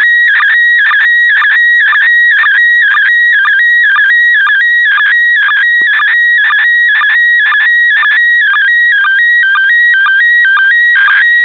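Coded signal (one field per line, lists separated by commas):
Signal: SSTV (slow-scan television)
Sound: warbling tone shifting between two pitches, with short low blips about twice a second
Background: radio static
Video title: RX IMAGEM ISS DE SSTV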